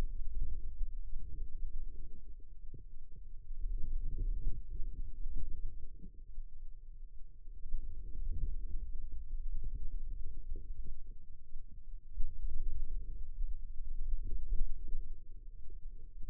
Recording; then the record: forearm muscle sounds (acoustic myography)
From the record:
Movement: radial deviation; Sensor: system 2, bracelet of six BSWA MPA416 microphones around the upper forearm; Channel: 6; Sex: female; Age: 22 years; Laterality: right